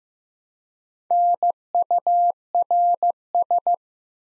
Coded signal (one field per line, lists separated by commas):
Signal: Morse code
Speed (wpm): 15 wpm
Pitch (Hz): 700 Hz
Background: none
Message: NURS